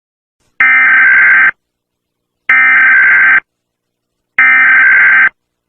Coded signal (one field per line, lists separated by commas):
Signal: Emergency Alert System (SAME) tones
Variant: header bursts